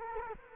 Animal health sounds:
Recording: mosquito wingbeat signal from an infrared sensor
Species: Culex quinquefasciatus

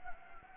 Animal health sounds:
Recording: mosquito wingbeat signal from an infrared sensor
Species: Anopheles gambiae

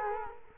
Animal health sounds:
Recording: mosquito wingbeat signal from an infrared sensor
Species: Culex quinquefasciatus

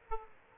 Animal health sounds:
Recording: mosquito wingbeat signal from an infrared sensor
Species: Aedes aegypti

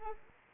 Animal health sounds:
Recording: mosquito wingbeat signal from an infrared sensor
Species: Anopheles arabiensis

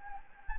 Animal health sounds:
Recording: mosquito wingbeat signal from an infrared sensor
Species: Anopheles gambiae

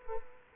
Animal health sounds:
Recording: mosquito wingbeat signal from an infrared sensor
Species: Culex quinquefasciatus

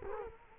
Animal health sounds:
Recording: mosquito wingbeat signal from an infrared sensor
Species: Culex quinquefasciatus

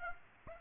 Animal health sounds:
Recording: mosquito wingbeat signal from an infrared sensor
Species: Aedes aegypti

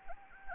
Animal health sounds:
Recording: mosquito wingbeat signal from an infrared sensor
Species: Anopheles gambiae

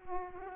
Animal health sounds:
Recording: mosquito wingbeat signal from an infrared sensor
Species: Aedes aegypti

